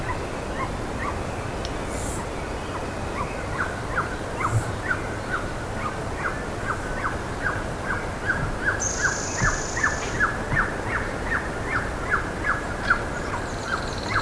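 Bird calls start faint, then build into a quick train of short notes, with a brief high buzz over steady background noise.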